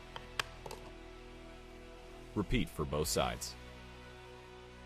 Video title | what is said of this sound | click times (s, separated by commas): How to Assemble Your 24V Hyper Drift Kart Ride-On | Using the grooves on both sides of the wheel caps, align them with the grooves on your wheel and click into place. | 0.4 s